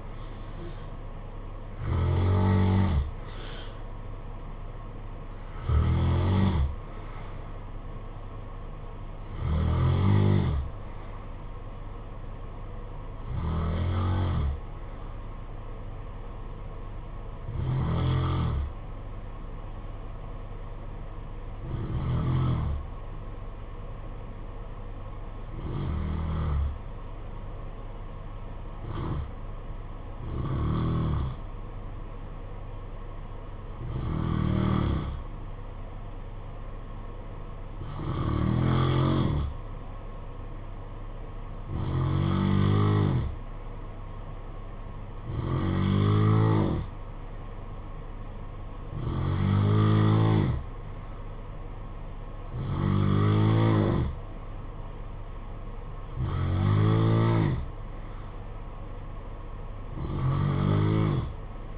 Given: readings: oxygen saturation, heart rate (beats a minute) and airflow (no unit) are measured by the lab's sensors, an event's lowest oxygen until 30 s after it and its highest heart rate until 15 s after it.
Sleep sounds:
breathing in sleep by a smartphone at the bedside; 1
19.00-44.80 s: hypopnea (N2, oxygen 94% highest, then 89% lowest, heart rate 53 at the start, 58 highest)
From the record:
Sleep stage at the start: N2 (light sleep); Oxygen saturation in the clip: 88 to 94%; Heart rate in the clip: 52 to 60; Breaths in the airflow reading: 17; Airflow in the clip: -10.4 to 6.5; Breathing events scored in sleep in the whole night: 476 in 9.7 hours asleep

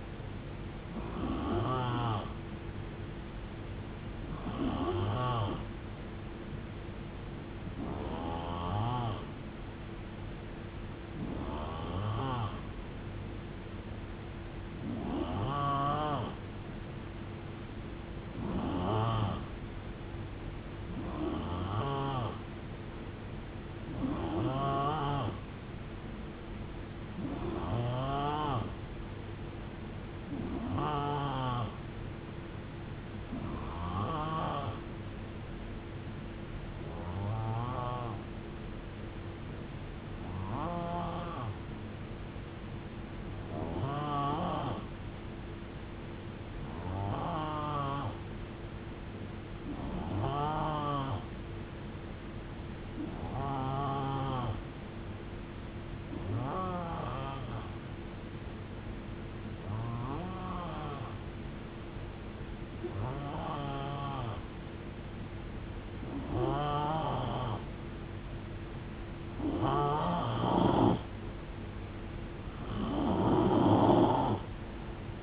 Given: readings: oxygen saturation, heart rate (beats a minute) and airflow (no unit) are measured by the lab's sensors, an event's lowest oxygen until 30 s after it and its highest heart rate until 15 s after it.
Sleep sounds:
breathing in sleep by a voice recorder at the bedside; 1
10.00-40.00 s: new sleep stage, N2 (light sleep)
17.00-36.50 s: hypopnea (N2, oxygen 91% highest, then 88% lowest, heart rate 70 at the start, 78 highest)
40.00-75.23 s: new sleep stage, N3 (deep sleep)
From the record:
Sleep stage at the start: N3 (deep sleep); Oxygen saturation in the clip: 88 to 91%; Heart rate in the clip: 62 to 78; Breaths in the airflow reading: 22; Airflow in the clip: -7.6 to 4.3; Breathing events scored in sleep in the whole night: 389 in 6.3 hours asleep

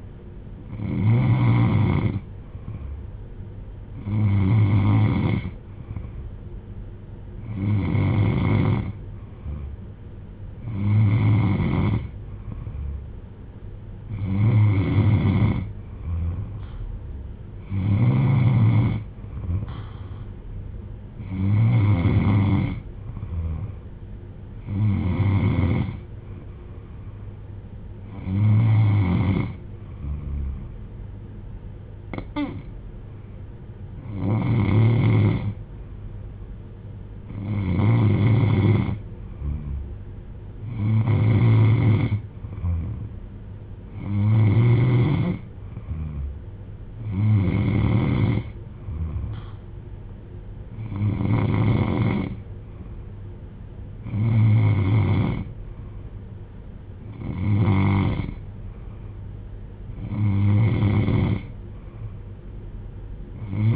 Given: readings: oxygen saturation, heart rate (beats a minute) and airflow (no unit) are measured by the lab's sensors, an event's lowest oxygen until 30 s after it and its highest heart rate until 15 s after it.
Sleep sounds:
breathing in sleep by a smartphone at the bedside; none
none scored
From the record:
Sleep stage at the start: N3 (deep sleep); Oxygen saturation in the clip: 92 to 94%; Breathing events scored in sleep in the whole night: 310 in 8.1 hours asleep

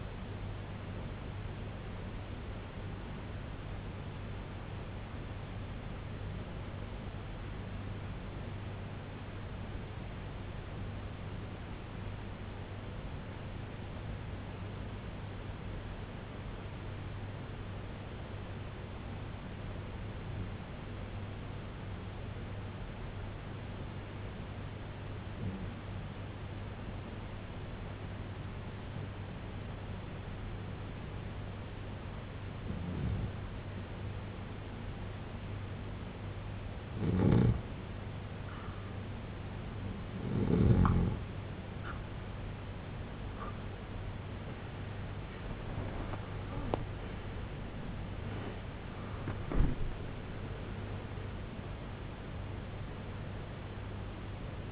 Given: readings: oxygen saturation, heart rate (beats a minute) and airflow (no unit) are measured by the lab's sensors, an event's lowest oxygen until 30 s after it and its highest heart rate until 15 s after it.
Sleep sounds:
breathing in sleep by a voice recorder at the bedside; 1
9.00-43.20 s: hypopnea (N1, oxygen 95% highest, then 90% lowest, heart rate 66 at the start, 93 highest)
29.00-54.72 s: new sleep stage, N2 (light sleep)
From the record:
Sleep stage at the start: N1 (lightest sleep); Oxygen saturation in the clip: 87 to 95%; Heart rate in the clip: 64 to 93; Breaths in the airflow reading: 14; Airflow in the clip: -9.0 to 11.9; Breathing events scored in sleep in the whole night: 258 in 7.4 hours asleep

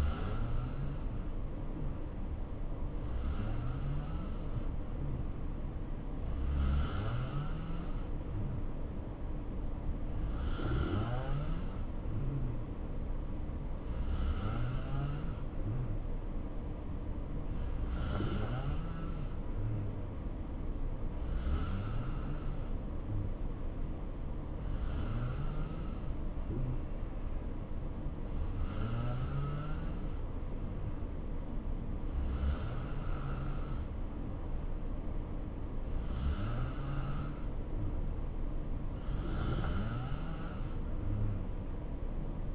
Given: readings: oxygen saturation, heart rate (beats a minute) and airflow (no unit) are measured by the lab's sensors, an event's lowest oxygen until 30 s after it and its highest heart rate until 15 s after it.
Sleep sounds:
breathing in sleep by a smartphone at the bedside; 1
6.00-30.60 s: hypopnea (N2, oxygen 89% highest, then 86% lowest, heart rate 66 at the start, 69 highest)
From the record:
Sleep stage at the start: N2 (light sleep); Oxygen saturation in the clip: 86 to 89%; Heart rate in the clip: 63 to 69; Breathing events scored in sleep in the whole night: 277 in 7.4 hours asleep

